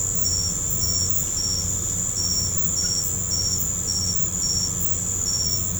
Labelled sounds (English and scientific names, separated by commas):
none